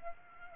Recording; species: mosquito wingbeat signal from an infrared sensor; Aedes aegypti